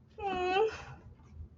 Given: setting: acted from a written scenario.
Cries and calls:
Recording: vocal sound without words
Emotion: adoration

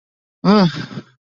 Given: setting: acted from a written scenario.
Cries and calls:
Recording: vocal sound without words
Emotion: contempt

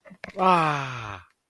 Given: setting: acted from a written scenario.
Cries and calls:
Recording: vocal sound without words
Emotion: triumph

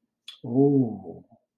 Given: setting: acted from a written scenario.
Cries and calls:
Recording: vocal sound without words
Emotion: romantic love

